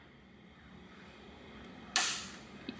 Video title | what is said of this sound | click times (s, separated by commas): BRACKET ISSUES I NEVER KNEW ABOUT - EMBROIDERY | did you hear that click | 2.0 s